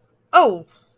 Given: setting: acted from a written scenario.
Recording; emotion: vocal sound without words; negative surprise